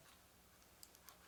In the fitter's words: Yep, snapped right in. That's good. It clicked.